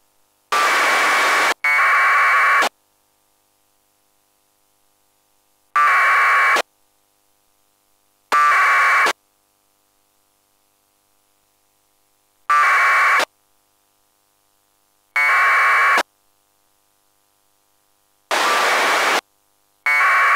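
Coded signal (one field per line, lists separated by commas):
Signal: packet radio (AX.25, as in APRS)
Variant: AFSK 1200 baud APRS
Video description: This video shows the Qtmm soundcard modem receiving local APRS traffic on 144.800 MHz.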